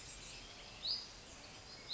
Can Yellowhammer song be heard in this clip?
no